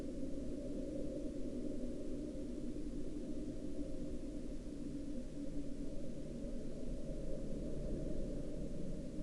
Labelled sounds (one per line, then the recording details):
aircraft
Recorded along the Dalton Highway, Alaska, on 6 April 2019 at 01:33
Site 09